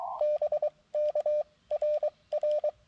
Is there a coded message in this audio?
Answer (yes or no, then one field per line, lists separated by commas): yes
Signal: Morse code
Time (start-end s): 0.2-2.7 s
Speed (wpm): 23 wpm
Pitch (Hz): 600 Hz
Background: radio noise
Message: BK RR